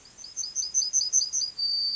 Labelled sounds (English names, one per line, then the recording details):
Yellowhammer song
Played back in grassland
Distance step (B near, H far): C
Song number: 104